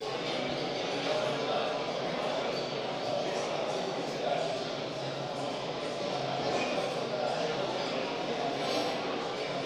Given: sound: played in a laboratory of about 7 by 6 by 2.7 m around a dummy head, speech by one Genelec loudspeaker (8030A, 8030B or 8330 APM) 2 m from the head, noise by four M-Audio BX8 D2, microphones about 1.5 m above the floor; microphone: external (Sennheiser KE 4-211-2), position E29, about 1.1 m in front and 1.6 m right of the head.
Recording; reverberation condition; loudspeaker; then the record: cafeteria noise; high; four, about 170 cm from the corners of the room and facing them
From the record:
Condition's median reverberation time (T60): about 1300 ms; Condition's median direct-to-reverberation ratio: about -4.0 dB